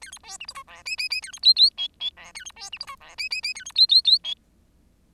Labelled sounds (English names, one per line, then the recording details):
Bengalese Finch song
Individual Bird10